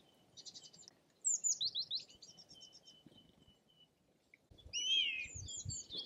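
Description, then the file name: Bird song with a buzzy burst, a quick series of high, twisting notes over a thin steady tone, a pause, and a louder burst of looping high phrases. "ptaki"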